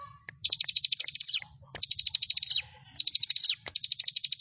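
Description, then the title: Prinia song: bursts of rapid, high, buzzy trilled notes, each phrase about a second long and dropping slightly at the end, with sharp clicks between phrases. "Ciblek Sawah"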